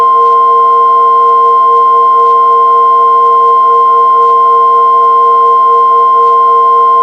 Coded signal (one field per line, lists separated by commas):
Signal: Emergency Alert System (SAME) tones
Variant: 1050 Hz attention tone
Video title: EAS Mock - Just Another Wednesday